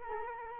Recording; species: mosquito wingbeat signal from an infrared sensor; Culex quinquefasciatus